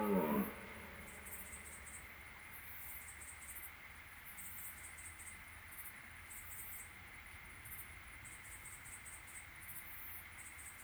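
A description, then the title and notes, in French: A red deer's bellow cuts off in the first half second, deep, then evening falls quiet around it. Crickets chirp in regular high pulses throughout, over a steady thin whine and a faint low rumble. Premier brame 2019. En Drôme - 22h10 - binaural - mkh8020 - mixpr3. Première soirée au brame en bord de Drôme. Cet enregistrement a été réalisé en binaural pour restituer au mieux la merveilleuse réverbération de la vallée.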